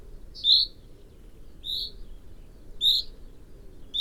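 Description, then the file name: Common chaffinch uttering crisp call notes about once a second over faint low hiss. "Fringilla coelebs"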